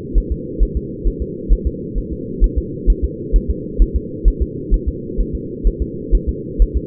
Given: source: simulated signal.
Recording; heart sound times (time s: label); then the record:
fetal heart sounds
0.18 s: S1
0.32 s: S2
0.63 s: S1
0.77 s: S2
1.08 s: S1
1.22 s: S2
1.53 s: S1
1.67 s: S2
1.98 s: S1
2.13 s: S2
2.44 s: S1
2.58 s: S2
2.90 s: S1
3.04 s: S2
3.36 s: S1
3.50 s: S2
3.82 s: S1
3.96 s: S2
4.28 s: S1
4.42 s: S2
4.74 s: S1
4.88 s: S2
5.20 s: S1
5.35 s: S2
5.67 s: S1
5.82 s: S2
6.15 s: S1
6.29 s: S2
6.62 s: S1
6.77 s: S2
From the record:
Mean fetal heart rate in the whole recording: 130 bpm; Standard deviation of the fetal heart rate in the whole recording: 2 bpm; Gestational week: 36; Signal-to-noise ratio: -4.1 dB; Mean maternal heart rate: no maternal heart sound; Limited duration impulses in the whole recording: absent